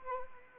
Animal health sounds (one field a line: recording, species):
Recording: mosquito wingbeat signal from an infrared sensor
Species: Anopheles arabiensis